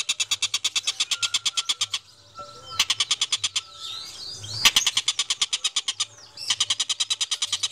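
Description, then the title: Van Hasselt's sunbird song: fast runs of sharp, high ticking notes in bursts of one to two seconds, separated by short pauses, with a thin whistle underneath at times. Melodious, clear and loud song. "Suara Kolibri Ninja MERDU, JELAS DAN LANTANG"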